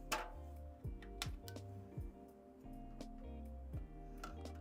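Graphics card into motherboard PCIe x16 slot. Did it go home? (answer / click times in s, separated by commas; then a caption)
no / none. A short Gigabyte graphics card with only an x8 edge connector is pushed into a motherboard's PCIe x16 slot. Sharp ticks land around 0.1, 1.2, 1.5 and 4.2 s over steady background music. The slot's retention latch has not clicked or caught, so the card cannot hold itself in and must be screwed to the case.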